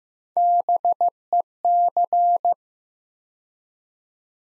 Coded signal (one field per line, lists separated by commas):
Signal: Morse code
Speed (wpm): 15 wpm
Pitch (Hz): 700 Hz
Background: none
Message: BEC